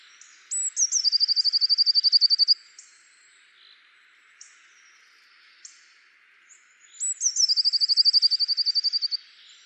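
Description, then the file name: Eurasian blue tit song, a couple of high introductory notes then a rapid trill, given twice, with faint high calls from other birds between. "Cyanistes caeruleus"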